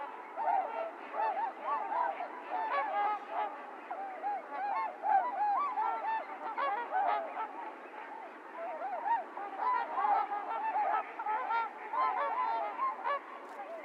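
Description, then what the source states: Trumpeter swans in a busy flock, overlapping bugling honks in waves, some calls louder, continuous throughout. Recorded 28 January 2022; recording low-cut filtered; several swans.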